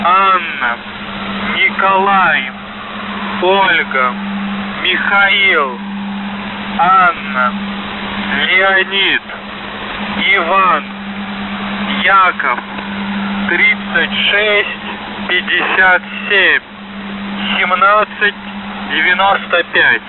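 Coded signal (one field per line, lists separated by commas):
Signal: coded military voice message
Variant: Russian, The Goose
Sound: male Russian voice spelling a word with phonetic names, then reading numbers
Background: steady low hum, radio noise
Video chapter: 00:15 - Воздух Охват98 35662 АНОМАЛИЯ 3657 1795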